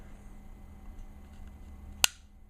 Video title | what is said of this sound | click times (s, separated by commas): Glock Pistol Detailed Strip and Lube | you hear click when it hits a Groove | 2.0 s